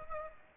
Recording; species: mosquito wingbeat signal from an infrared sensor; Aedes aegypti